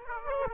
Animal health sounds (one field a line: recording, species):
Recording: mosquito wingbeat signal from an infrared sensor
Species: Aedes aegypti